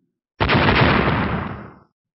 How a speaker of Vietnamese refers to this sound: Một tiếng nổ mạnh rung trời, vô số sóng khí hai màu vàng trắng trào lên khắp nơi, vô số toái thạch bay tứ phương, suýt nữa xé rách màn sáng phòng hộ của lôi đài.